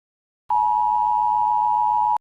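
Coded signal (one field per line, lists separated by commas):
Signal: Emergency Alert System (SAME) tones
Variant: 853 and 960 Hz attention tone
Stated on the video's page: Fictional EAS scenario.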